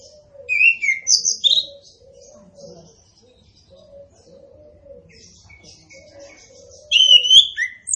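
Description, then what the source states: Orange-headed thrush song, loud high whistled phrases at the start and end, with soft lower sounds running throughout. Indonesian name anis kembang, also called punglor kembang; bird described as gacor and ngeplong.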